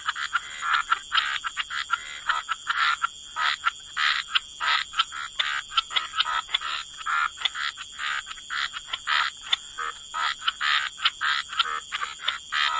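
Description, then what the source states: Frog chorus of short rasping croaks repeated rapidly and unevenly throughout, over a constant thin high-pitched tone. Frog chorus mixed with white noise.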